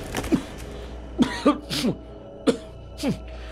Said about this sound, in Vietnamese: vừa ho vừa lẩm bẩm. Anh phủi tay cho tan bớt bụi, cúi xuống nhìn vào đống mảnh gỗ vụn.